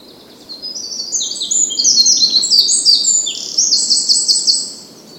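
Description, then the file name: Eurasian wren song: a rapid, high-pitched jumble of tinkling notes and trills lasting roughly four seconds before stopping. "Troglodytes troglodytes"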